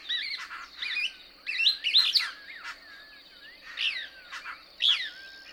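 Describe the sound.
Couch's Kingbird twitter: wavering, bouncing notes in short clusters with a few longer sliding whistles between, and a constant high buzz behind.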